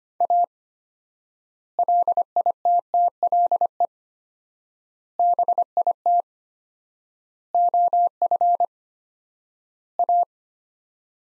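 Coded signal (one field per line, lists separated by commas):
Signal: Morse code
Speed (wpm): 25 wpm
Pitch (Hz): 700 Hz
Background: none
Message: A LITTLE BIT OF A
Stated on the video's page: Morse practice sending sets of five words at 25 wpm with 4x word spacing, a word-based analogue of Farnsworth spacing.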